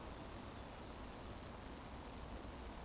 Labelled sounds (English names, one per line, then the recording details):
Eurasian Woodcock whistle
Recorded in Baden-Württemberg, Germany, on 24 June 2020 at 19:23 UTC
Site 14569, 102 m above sea level